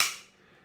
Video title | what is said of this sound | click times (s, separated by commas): Concealed Carry From A to Z: Choosing Your Gun to Defensive Shooting | And you can hear the click | 0.0 s